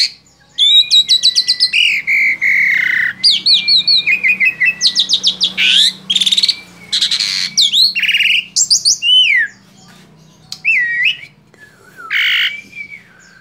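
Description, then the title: Asian pied starling song, a mix of rapid chattering notes, long buzzy bursts and clear whistles that rise and fall. Training recording (masteran) of Asian pied starling song for teaching cage birds. "Masteran Jalak Suren"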